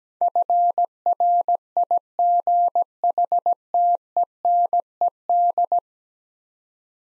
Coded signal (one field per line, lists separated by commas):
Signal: Morse code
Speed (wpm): 17 wpm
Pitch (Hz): 700 Hz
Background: none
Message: FRIGHTENED